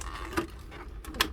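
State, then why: Seated. A plastic piece that fell off a Bakugan nano accessory is pressed back onto the toy figure accessory. Light plastic handling taps and a sharper tick near 0.4 s lead into the loudest crisp snap at 1.2 s. The piece snaps back into place and is seated.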